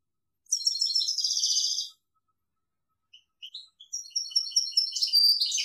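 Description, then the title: European goldfinch singing a quick buzzy twittered phrase, then silence, then sparse sharp chips that quicken into rapid high tinkling. "Chant Chardonneret"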